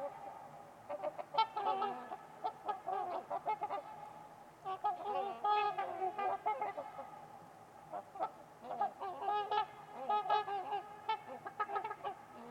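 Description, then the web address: Trumpeter swans calling steadily, many overlapping nasal honks in repeated bursts from a group of birds throughout. Trumpeter swans at Winters Lake on a winter's eve in a deep, quiet valley. "Trumpeter Swans on a Winter's Eve. Winters-Lake-with-Swan. Wind Is the Original Radio"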